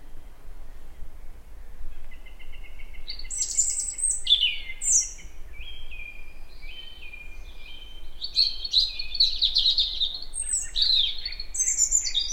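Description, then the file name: European robin delivering fluty trills and high squeaky notes in rapid, changing phrases, the second half busier and more jumbled, with constant soft background hiss. "Erithacus rubecula"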